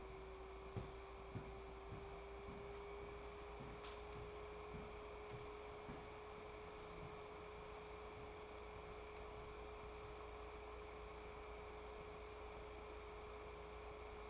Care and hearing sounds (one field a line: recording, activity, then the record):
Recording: daily activity, microphone in the room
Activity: walk to room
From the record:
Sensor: 1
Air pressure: 1010.5 hPa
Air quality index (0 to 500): 171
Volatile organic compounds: 12 ppm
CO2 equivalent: 2358 ppm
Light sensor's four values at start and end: 49/129/53/67 and 54/140/58/74